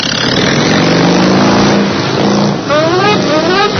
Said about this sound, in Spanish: El último huésped arrancó la moto y se alejó hacia Poniente, buscando la luz.